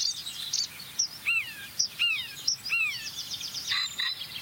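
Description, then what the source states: Marsh warbler song, three clear downslurred whistles about three-quarters of a second apart among sharp high notes, then a brief twittering run. Song with mimicry, imitating a yellowhammer within the song.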